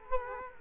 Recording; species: mosquito wingbeat signal from an infrared sensor; Culex quinquefasciatus